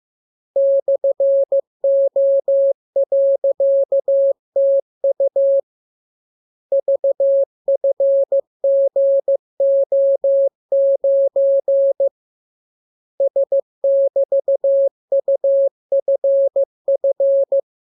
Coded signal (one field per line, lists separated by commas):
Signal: Morse code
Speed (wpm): 15 wpm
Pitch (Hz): 550 Hz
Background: none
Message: /O.TU VFGO9 S<BT>UFF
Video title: Learning Morse Code. Lesson 27. Letter KMURESNAPTLWI.JZ=FOY,VG5/Q92